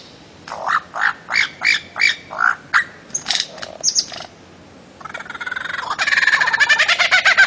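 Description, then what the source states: Bird-of-paradise calls: about eight loud, harsh notes in an even series, a few higher notes, then a buzzy rattle of rapid pulses growing louder. Master song used for training songbirds.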